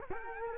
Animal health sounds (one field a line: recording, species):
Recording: mosquito wingbeat signal from an infrared sensor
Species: Culex quinquefasciatus